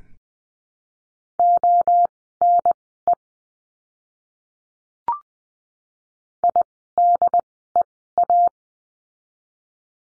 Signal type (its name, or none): Morse code